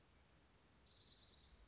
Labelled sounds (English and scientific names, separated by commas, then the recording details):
Orange-crowned Warbler (Leiothlypis celata)
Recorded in Sonoma County, California